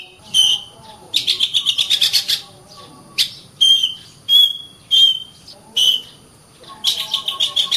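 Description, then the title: Oriental magpie-robin delivering short clear whistles between bursts of rapid scratchy trilling; a faint steady high whine runs throughout. "KACER"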